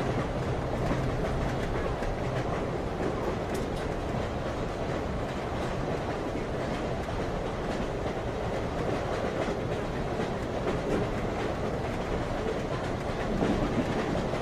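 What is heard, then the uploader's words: A train rumbles steadily throughout, a dense, low roar that holds an even level from start to finish. Faint clicks and rattles of the cars tick through the rumble at irregular moments, with a slightly brighter swell near the end. Train Rumble - Frankfurt, Germany.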